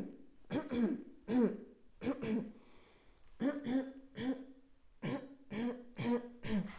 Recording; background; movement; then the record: throat clearing; quiet; sitting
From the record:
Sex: female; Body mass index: 21.8 kg/m2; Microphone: on the chest, facing outward